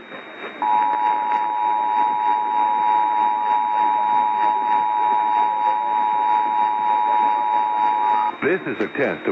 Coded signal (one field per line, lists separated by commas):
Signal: Emergency Alert System (SAME) tones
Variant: 853 and 960 Hz attention tone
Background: speech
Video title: GETTING ON MY LAST DAMN NERVE... EAS Alerts from 10/2/18 - 10/31/18 (EAS #1,879 - 1,899)